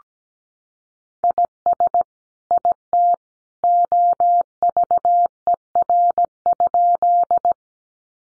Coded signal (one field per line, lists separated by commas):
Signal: Morse code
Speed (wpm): 17 wpm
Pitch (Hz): 700 Hz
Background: none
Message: IS IT OVER?